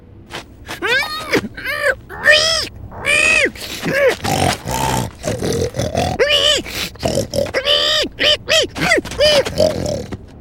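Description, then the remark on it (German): A voice imitates a pig, letting out a rapid run of high, rising-and-falling squeals mixed with short rough grunts, fairly loud and continuous for about ten seconds with no words. “Und nun spricht er auch nicht mehr, sondern quiekt und grunzt und hüpft in Richtung Schlosstreppe.”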